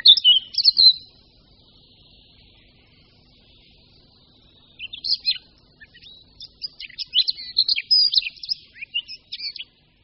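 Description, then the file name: Eurasian blackcap song: a brief warble opens, then after a pause a rich, fast run of varied whistled and chattering notes lasting several seconds. "Pěnice černohlavá"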